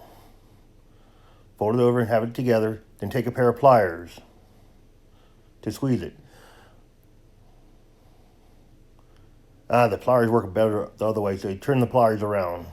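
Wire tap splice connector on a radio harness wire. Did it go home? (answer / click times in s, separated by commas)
no / none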